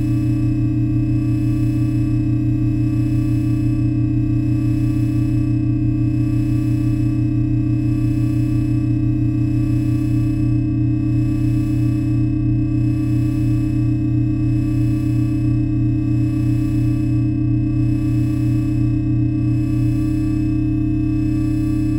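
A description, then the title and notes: Three generated tones sound together as a steady, unbroken electronic drone, strongest and thickest in the low range with fainter higher ringing lines above. A slow, regular pulsing runs through it, and a slight shift in the blend comes around the middle. 3 tones generated in Audacity, layered, effected, and slowed.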